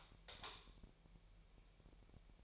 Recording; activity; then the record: daily activity, microphone in the room; light off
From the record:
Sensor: 1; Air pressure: 1001.9 hPa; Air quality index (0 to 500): 248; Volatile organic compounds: 52 ppm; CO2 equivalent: 3322 ppm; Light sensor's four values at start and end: 9/28/10/12 and 5/11/4/5